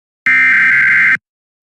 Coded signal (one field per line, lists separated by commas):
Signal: Emergency Alert System (SAME) tones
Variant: header bursts